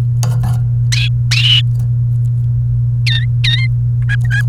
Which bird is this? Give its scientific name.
Serinus canaria